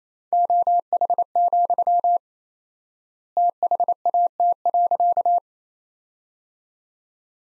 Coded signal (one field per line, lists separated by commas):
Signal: Morse code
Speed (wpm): 28 wpm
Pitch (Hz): 700 Hz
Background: none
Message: OH, THAT.